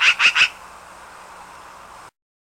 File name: Black Billed Magpie